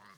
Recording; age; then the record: pig call; piglet (1 to 25 days)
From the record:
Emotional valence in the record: positive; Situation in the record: short reunion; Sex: male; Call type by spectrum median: low-frequency call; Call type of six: low-frequency tonal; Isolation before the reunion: 3 minutes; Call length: 0.18 s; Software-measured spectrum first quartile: 911 Hz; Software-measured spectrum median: 1417 Hz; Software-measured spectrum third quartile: 2508 Hz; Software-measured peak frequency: 1165 Hz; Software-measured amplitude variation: 77 dB a second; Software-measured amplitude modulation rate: 14.0 a second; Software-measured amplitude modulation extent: 5.5 dB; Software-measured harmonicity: 0.3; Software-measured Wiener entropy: -0.88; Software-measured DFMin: 830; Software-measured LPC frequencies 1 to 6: 1116, 1887, 3174, 4174, 4850, 5830 Hz